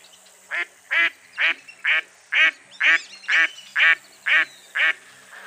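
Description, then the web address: Common goldeneye calling, ten rasping, buzzy notes repeated steadily at about two per second, each short and rough-edged, against a quiet background. Duck call recorded in its natural habitat, intended for hunters. "suono del richiamo dellanatra occhione nel suo habitat naturale adatto ai cacciatori"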